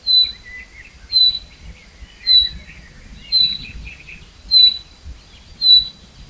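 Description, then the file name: Common chaffinch calls: a short, sharp high note repeated about once a second, with softer twittering underneath. "Fringilla coelebs"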